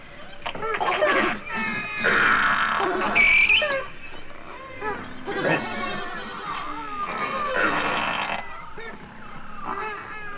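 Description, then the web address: Beluga whale chorus, dense overlapping squeals, chirps and pulsed buzzy calls, with a sharp rising whistle about a third of the way in. Several belugas in the Arctic. "Avant Garde Project. Arctic Belugas"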